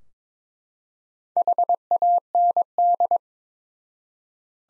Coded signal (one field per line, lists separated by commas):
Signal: Morse code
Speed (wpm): 23 wpm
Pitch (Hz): 700 Hz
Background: none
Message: HAND